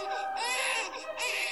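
An infant crying excessively; on some days the baby cried for between eight and ten hours, and could become very upset.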